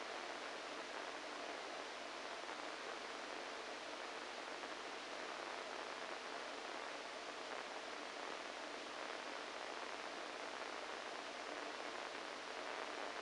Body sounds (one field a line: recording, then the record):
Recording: brain microelectrode recording played as sound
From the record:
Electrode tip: inside the subthalamic nucleus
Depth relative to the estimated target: 0 mm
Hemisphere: right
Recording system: NeuroSet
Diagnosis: Parkinson's disease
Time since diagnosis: 14 years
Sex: male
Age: 51 years